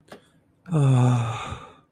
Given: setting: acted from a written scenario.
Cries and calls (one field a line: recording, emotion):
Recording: vocal sound without words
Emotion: romantic love